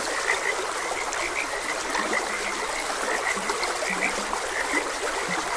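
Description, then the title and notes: Frogs croak in quick repeated bursts, with a few low grunting calls beneath, all set against continuous running water. Frogs croaking beside a gentle stream. "Gentle Stream and Frogs Croaking. Sleep and Relaxation Podcast"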